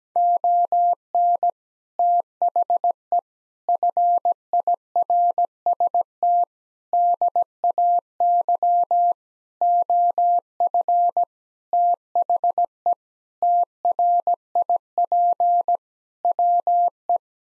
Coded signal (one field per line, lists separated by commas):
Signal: Morse code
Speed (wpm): 17 wpm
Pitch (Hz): 700 Hz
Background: none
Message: ON THE FIRST DAY OF THE TRIP WE